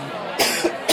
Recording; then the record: coughing mixed with background sound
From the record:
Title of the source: 55 gaggy wet cough